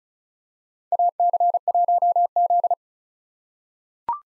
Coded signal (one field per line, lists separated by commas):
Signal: Morse code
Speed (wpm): 36 wpm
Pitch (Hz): 700 Hz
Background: none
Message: AC1Z